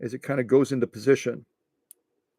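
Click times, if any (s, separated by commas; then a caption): 1.9 s. Someone talks while drawing bobbin thread through the track of a bobbin case on a 1963 Husqvarna Viking 19E sewing machine and under its metal tension spring. After the talking stops, a single short, sharp click at 1.9 s marks the thread dropping into the groove at the spring's tongue, and the thread is seated.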